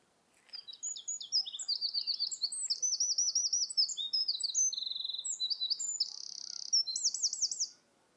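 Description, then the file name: Eurasian wren singing a long, energetic high-pitched strophe of sharp chips, fast trills and a dry rattle, closing with rolling looped notes, then silence. "gjerdesmett rambj ra"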